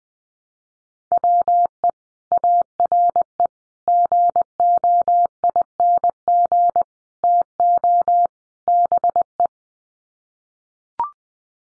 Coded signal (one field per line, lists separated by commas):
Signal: Morse code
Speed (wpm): 19 wpm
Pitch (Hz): 700 Hz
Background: none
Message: WE ARE GOING TO BE